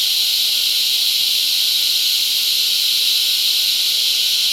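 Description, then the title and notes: Cicadas keep up an unbroken, high, hissing buzz throughout, with a faint steady tone beneath and no pauses. Cicadas mating, La Convención, Peru. "Apareamiento De Cigarras La Convención Peru by Alejandro Cornejo Montibeller"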